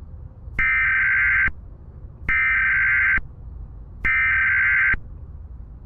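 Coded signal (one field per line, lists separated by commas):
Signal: Emergency Alert System (SAME) tones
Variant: header bursts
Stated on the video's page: Fictional zombie apocalypse EAS scenario on radio.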